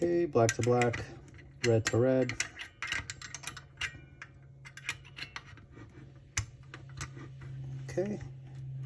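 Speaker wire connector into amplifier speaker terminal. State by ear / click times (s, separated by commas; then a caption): not seated / none. Speaker wire connectors are handled at an amplifier's speaker terminals, black to black and red to red, while someone talks. Short ticks and clicks of handling are heard, with a sharper tap near 6.4 s. Nothing has seated or clicked into the terminal yet.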